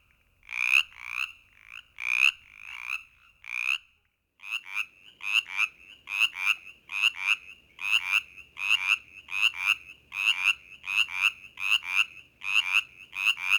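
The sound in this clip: Brimley's chorus frog giving rasping pulsed trills in close pairs, a brief pause, then a steady series of similar paired bursts continuing to the end.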